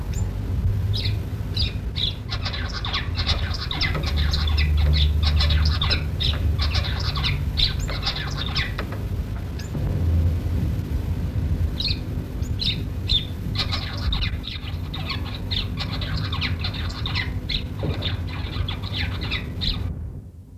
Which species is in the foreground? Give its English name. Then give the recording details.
Cut-throat Finch. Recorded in captivity. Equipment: Halbspur, 9,5 cm/s. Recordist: Lütgens, Hans